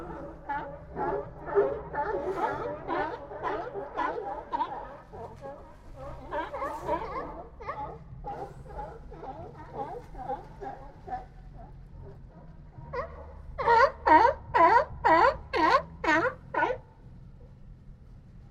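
At Old Fisherman's Wharf in Monterey Bay, rapid runs of hoarse, barking animal calls repeat almost without pause, growing softer and less frequent through the middle. Near the end a louder, sharper burst of about six barks rings out. A low steady rumble runs underneath throughout.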